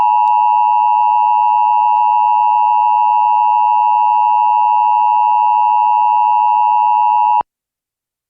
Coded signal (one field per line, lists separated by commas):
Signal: Emergency Alert System (SAME) tones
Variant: 853 and 960 Hz attention tone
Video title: EAS #77-80: 2023 National Periodic Test on KDKA AM, WOVK FM, WRQY FM & Comcast